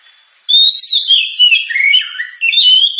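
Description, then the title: Oriental magpie-robin song: loud, varied whistled phrases with sliding and warbled notes, beginning after a half-second pause and running continuously to the end. Described as sharp, very loud, actively singing; suitable as a lure track to encourage other birds to sing. "Kacer Gacor Suara Tajam. Kacer Gacor Suara Super Kenceng Cocok untuk Pancingan"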